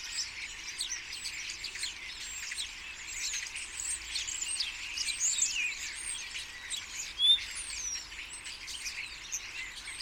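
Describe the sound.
Common starling chatter from many birds, steady high twittering and clicking with occasional clear whistled notes rising above.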